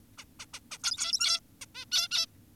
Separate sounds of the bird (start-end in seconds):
0.18-0.24, 0.40-0.46, 0.54-0.60, 0.72-0.78, 0.84-1.40, 1.62-1.66, 1.75-1.85, 1.92-2.08, 2.11-2.26